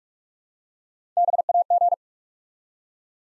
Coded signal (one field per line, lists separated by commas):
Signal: Morse code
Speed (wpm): 44 wpm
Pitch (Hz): 700 Hz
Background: none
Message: BAG